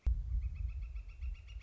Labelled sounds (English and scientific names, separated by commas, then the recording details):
Northern Flicker (Colaptes auratus)
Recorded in Sonoma County, California